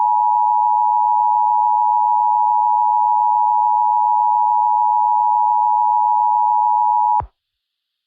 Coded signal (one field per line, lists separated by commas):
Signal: Emergency Alert System (SAME) tones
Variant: 853 and 960 Hz attention tone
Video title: EAS Scenario: The Dragons (Early Lunar New Year Special)